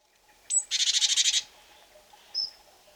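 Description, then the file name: Great tit churring call: a high note, then a harsh buzzy rattle of rapid pulses lasting under a second, followed later by a thin high note. "Parus major"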